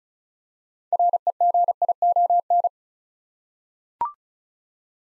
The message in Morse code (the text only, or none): REGION